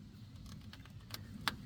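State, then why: Seated. On a 1998 Dodge Dakota, the rubber vacuum line from the bottom of a new MAP sensor is pushed back onto its nipple on the carburetor over a low background rumble. After a faint tick, a sharp snap sounds at 1.5 s as the hose seats onto the fitting.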